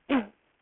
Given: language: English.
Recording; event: throat vibration sensor signal played as sound; cough